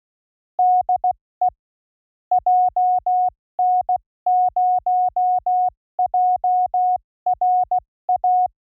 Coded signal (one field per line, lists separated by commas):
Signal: Morse code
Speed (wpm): 16 wpm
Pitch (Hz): 730 Hz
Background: none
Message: DE JN0JRA